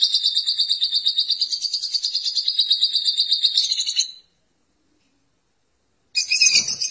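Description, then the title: Lovebird song as a fast, shrill, buzzy chatter lasting about four seconds, then silence, then a short renewed burst of high chattering near the end. "BM Suara Burung Lovebird"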